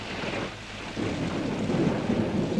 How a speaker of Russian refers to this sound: оказывается, прав был насчет дождя сегодня.